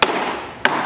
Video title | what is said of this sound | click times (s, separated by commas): Attaching the Back to Graco® TurboBooster® | I will hear auditory clicks as I push the back support forward. | 0.0 s, 0.6 s